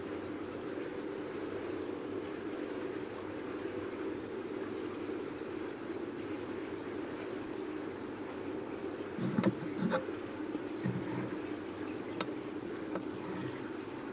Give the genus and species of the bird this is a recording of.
Certhia familiaris